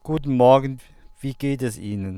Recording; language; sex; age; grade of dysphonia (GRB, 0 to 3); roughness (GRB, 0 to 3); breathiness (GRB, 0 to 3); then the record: spoken sentence; German; male; 40 to 49 years; 0; 0; 0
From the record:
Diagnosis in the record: healthy voice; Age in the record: 49 years